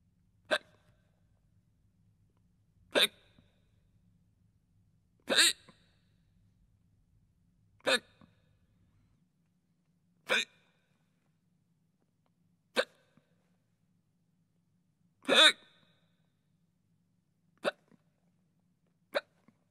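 Repeated hiccups from an adult human: nine short, sharp bursts over about 20 seconds, roughly 25 per minute, coming at uneven intervals.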